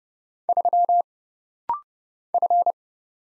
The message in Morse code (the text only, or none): 3 F